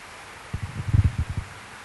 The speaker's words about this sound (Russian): сядь возле Игоря и перестань шелестеть листиком